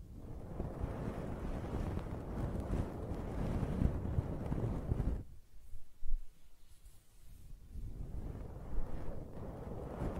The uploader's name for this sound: Close-Up Hair Sounds - Scratching, Brushing, Stroking